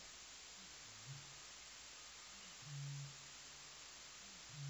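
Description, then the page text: Eurasian bittern giving low, muffled booms, a soft short one first and then fuller hoots, against constant background hiss. Endangered species recorded during an auditory survey using microphone arrays and robot audition for bioacoustic monitoring. "Frontiers. Auditory Survey of Endangered Eurasian Bittern Using Microphone Arrays and Robot Audition"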